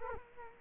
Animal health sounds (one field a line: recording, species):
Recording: mosquito wingbeat signal from an infrared sensor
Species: Culex quinquefasciatus